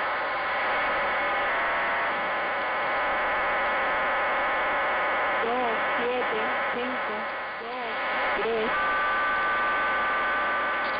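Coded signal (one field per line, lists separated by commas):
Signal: numbers station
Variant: HM01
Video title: 07 01 2022 Cuban Spy Number HM01 in Spanish 0602 on 10345 Bejucal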